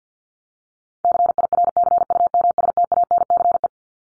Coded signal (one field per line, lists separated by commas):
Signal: Morse code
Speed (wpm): 49 wpm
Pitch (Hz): 700 Hz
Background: none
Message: CIRCUMSTANCE